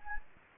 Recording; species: mosquito wingbeat signal from an infrared sensor; Anopheles gambiae